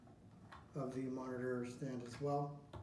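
A plastic cable management clip is handled at the back of the monitor stand neck while someone talks, with a faint tick at 0.5 s beneath the speech. Nothing has seated or clicked yet; the clip is not home by the end.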